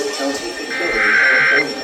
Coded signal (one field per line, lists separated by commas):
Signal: Emergency Alert System (SAME) tones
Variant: header bursts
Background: speech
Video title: EAS ( #877 - #883 ) A backlogged FFW from july 17th